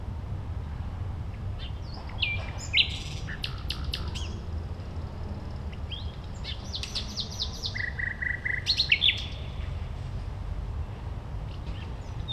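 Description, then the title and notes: Common nightingale song: varied phrases of sharp notes, rapid repeated notes and a brief whistle, over a steady low rumble. Singing at a playground on Gartenstraße, Mitte, Berlin, Germany. "Mitte, Berlin, Germany - nachtigall in der gartenstraße. eine nachtigall am spielplatz gartenstraße, a nightingale at playground, gartenstraße"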